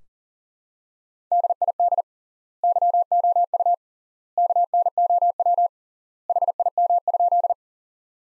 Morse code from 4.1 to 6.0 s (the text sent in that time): KNOW